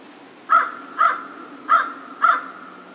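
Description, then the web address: American crow cawing, four short harsh caws in a loose series. Recorded 2 March 2010. "Crow 2010 03 02 American Crow 03"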